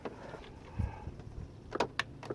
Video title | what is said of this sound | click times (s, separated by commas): GM LS4 - How to change the spark plugs & wires (part 1) | angle before you snap it in there, and just push in until you hear it snap, | 2.0 s